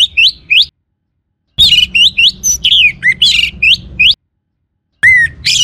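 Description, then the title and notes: Orange-headed Thrush song in loud clipped bursts of sharp rising whistles and squawky notes, separated by silent pauses. "Kicau Burung Anis"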